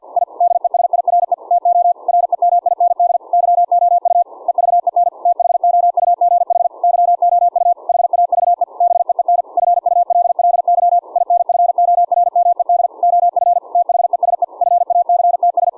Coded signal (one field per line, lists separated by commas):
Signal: Morse code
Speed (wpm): 50 wpm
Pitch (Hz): 700 Hz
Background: none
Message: I DESIRE TO REMIND YOU EVEN THOUGH YOU HAVE BEEN FULLY INFORMED OF THESE FACTS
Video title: QRQ CW LAB - Testing CW KEYING of any RIG with an audio derived CW Keying Circuit(pt2-Volume)